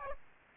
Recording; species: mosquito wingbeat signal from an infrared sensor; Aedes aegypti